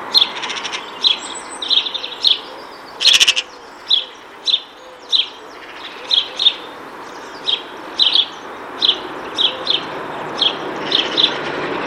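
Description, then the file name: House sparrow chirping, many short bright chirps repeated steadily throughout, with a brief loud click near the third second and faint hiss behind. "Passer domesticus"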